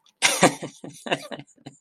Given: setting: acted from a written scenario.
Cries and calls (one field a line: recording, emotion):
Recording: vocal sound without words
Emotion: amusement